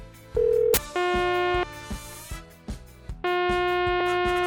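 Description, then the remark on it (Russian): A harsh, buzzy special telephone call signal in the handset, unpleasant to the ear: a short plain normal beep cuts off into a raspy, harmonic-rich buzz that repeats, the last stretch holding on longer. “Он выдает особый зуммер в трубке, немного мерзотной тональности.”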